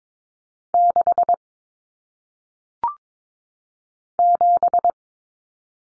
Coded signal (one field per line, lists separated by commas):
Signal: Morse code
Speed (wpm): 22 wpm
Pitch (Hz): 700 Hz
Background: none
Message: 6 7